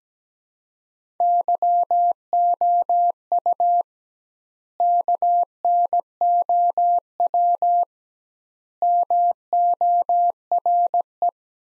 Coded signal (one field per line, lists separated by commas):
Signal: Morse code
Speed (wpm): 17 wpm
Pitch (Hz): 700 Hz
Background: none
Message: YOU KNOW MORE